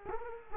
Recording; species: mosquito wingbeat signal from an infrared sensor; Culex quinquefasciatus